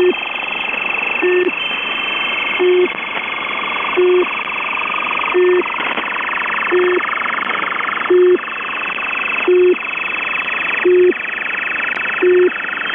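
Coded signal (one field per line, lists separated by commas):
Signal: channel marker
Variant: UVB-76 (The Buzzer)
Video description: UVB-76 or The Buzzer is an Russian Military Station 4625kHz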